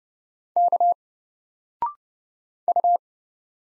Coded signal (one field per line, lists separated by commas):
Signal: Morse code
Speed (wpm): 30 wpm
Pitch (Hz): 700 Hz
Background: none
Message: K U